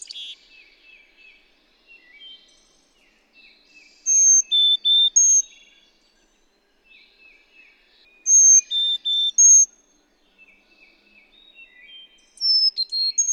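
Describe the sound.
Bird song: short phrases of pure, high whistled notes, repeated about every four seconds, between soft twittering notes.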